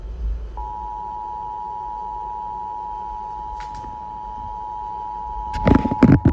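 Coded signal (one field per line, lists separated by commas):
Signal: Emergency Alert System (SAME) tones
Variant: 853 and 960 Hz attention tone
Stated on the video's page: Severe thunderstorm warning received on an FM radio station at 95.5 FM.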